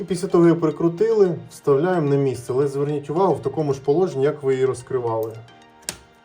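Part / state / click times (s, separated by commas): roller blind plastic part into its mounting holder / seated / 5.9 s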